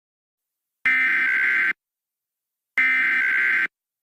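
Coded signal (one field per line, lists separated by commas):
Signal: Emergency Alert System (SAME) tones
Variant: header bursts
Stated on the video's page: Fictional EAS scenario, not a real broadcast alert.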